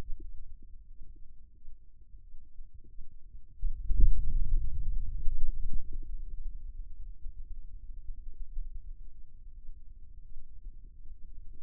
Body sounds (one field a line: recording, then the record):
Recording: forearm muscle sounds (acoustic myography)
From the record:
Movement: radial deviation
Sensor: system 2, bracelet of six BSWA MPA416 microphones around the upper forearm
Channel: 3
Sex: male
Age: 22 years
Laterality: right